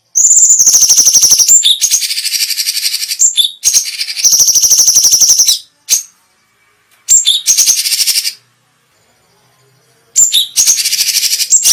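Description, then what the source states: Cucak cungkok delivering repeated bursts of rapid, piercing trills and chatter, with a brief quiet stretch before the final burst. Special song bursts ("tembakan istimewa").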